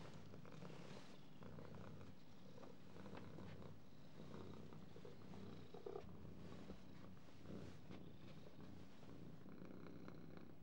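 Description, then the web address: Cat purring, a steady low rumbling throb that runs continuously throughout with faint background sounds. "кошки"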